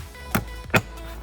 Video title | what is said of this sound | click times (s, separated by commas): BONNET RELEASE FIX AND BASIC MAINTENANCE ON MY MK2 AUDI TT | little click then once you've got your dog leg back in it'll look something like that | 0.4 s